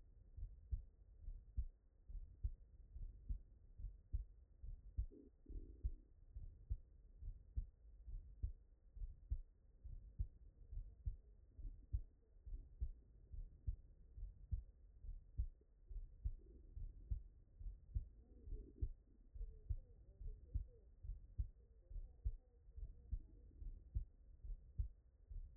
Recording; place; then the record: heart sounds by stethoscope; tricuspid valve (TV)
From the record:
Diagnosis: non-HFrEF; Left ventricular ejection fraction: 57%